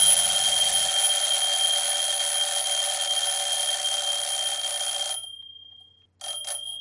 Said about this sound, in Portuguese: Entra Clove, com o despertador na mão. Aproxima-o do ouvido, Ham. Toque de campainha do despertador. Ouvem ambos até final.